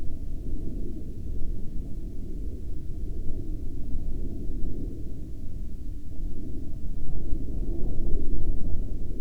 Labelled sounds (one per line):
aircraft